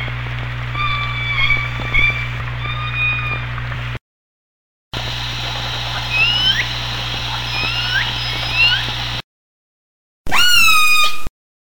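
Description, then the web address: Orca whistles and calls, thin upswept whistles over a steady low hum, broken by silent gaps, ending with one loud harmonic call. Orcas recorded in Antarctica. "Antarctia orka Orca sounds"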